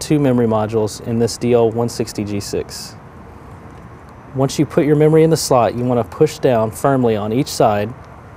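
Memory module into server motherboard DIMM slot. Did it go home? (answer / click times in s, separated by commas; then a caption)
no / none. Memory modules are being installed into a DL60 G6 server's motherboard memory slots, with a module placed in its slot to be pressed down firmly on each side. Someone talks throughout, with a quiet pause in the middle. Nothing has seated or clicked yet.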